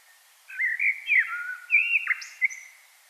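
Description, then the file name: Common blackbird delivering a short melodious phrase of fluty slurred whistles with a couple of thin high squeaks near the end. "Turdus merula"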